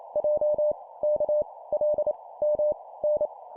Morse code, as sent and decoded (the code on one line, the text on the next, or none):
.--- / -.- / .-.. / -- / -.
J K L M N